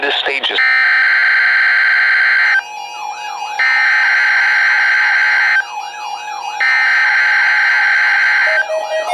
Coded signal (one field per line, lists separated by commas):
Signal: Emergency Alert System (SAME) tones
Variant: header bursts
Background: speech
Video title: Required Weekly Test - 10/02/19 (EAS #1,986)